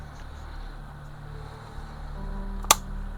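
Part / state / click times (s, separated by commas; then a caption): plastic model ship part into hull slot / seated / 2.7 s. A plastic part of a 1:1000 scale U.S.S. Nimoy NCC-1934 snap-kit starship model is pushed into its slot on the hull over a steady low hum. A faint tick at 2.6 s is followed by a sharp, loud click at 2.7 s as the part seats in place, firmly enough that glue may not be needed.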